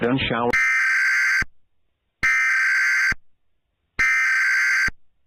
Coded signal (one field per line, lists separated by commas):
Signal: Emergency Alert System (SAME) tones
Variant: header bursts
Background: speech